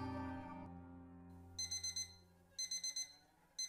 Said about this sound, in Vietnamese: Tiếng chuông báo thức khiến cho Nhi giật mình tỉnh giấc.